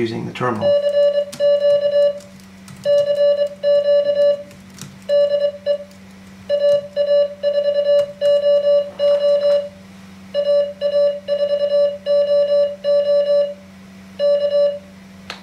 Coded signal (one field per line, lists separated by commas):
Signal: Morse code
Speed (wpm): 23 wpm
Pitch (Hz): 580 Hz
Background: speech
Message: CQ CQ DE AA4OO AA4OO K